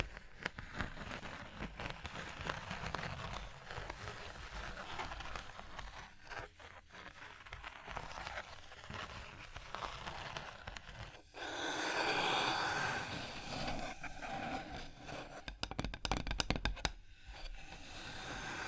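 Fingers tap, scratch and trace across a surface in a dense, continuous stream of small crackly strokes. Around twelve seconds the sound brightens into a smoother, steady rubbing for a couple of seconds, then returns to quick, uneven scratching and tapping.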